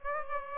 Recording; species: mosquito wingbeat signal from an infrared sensor; Aedes aegypti